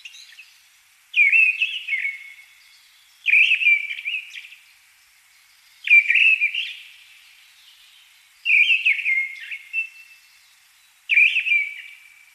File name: Deryaba Turdus viscivorus - Penie